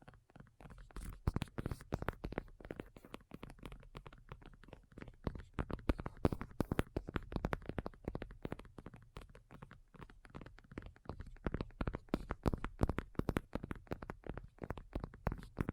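ASMR tapping: rapid, irregular sharp taps in dense bursts throughout, with soft low thumps underneath and varying loudness from tap to tap.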